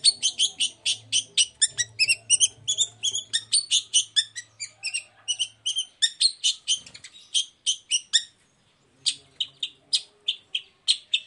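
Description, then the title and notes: Long-tailed shrike song: rapid bursts of sharp, high chattering notes, repeated steadily with a brief pause near nine seconds, over a faint low hum. Morning song of a long-tailed shrike (cendet), varied 'toet toet' notes, used as a lure to provoke other shrikes into answering. "Cendet Gacor Dor Di Kala Pagi Toet Toet Variasi Suara. Pancingan Emosi Cendet Gacor Full Variasi Toet Toet Bikin Nyaut Cendet Lain Langsung Ikutan Bunyi. Burung cendet"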